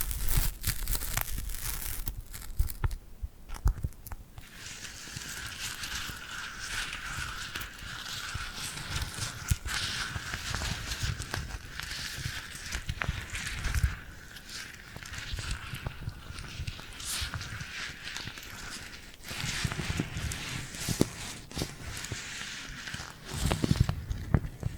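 Tingly glued hand sounds: sticky skin peeling and tapping in quick, dense clicks and crackles, nearly continuous for the whole stretch. The texture is bright and crisp, with a steady hiss-like band underneath, and brief louder bursts near the start and end.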